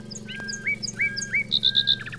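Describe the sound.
Bird chirps: a few rising, slurred whistles about every third of a second, then a quick run of high, even notes and a twitter; low hum behind.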